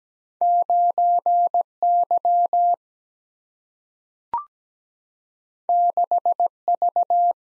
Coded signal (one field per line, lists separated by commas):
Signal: Morse code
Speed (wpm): 17 wpm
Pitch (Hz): 700 Hz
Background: none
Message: 9 Y 6 V